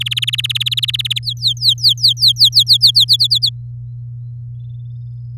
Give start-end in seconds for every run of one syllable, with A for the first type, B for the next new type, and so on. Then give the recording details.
0.00-1.19 A, 1.23-3.17 B, 3.19-3.49 C. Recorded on 8 May 2018 at 06:23. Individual llb16